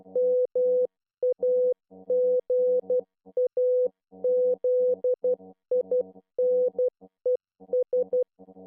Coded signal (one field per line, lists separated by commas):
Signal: Morse code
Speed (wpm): 12 wpm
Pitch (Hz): 500 Hz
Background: none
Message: MAGAZINES